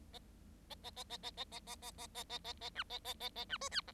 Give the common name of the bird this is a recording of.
Bengalese Finch